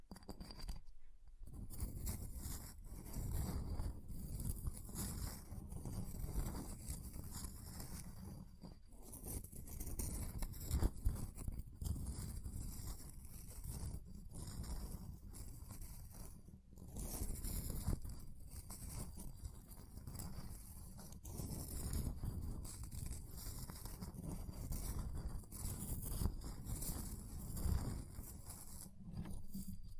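Ice is scratched and carved in a steady run of rough, gritty strokes that fill most of the half minute, with a dense low rumble under a bright hiss. Brief breaks near one, nine and seventeen seconds interrupt the scraping, and faint taps appear around eleven and twenty-eight seconds.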